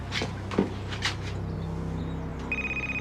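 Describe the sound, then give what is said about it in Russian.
A few soft thuds and shuffling noises, then a mobile phone lying on the doormat at the front door starts ringing with a steady, high electronic tone that pulses in quick repeats near the end; its display shows an unknown number. “Надпись на дисплее – неизвестный номер. Он нагибается, подбирает телефон и отвечает.”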